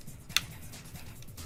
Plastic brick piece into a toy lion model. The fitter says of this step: There we go. I heard it. I heard it snapped.